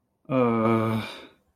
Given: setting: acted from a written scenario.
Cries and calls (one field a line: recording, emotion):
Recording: vocal sound without words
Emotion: guilt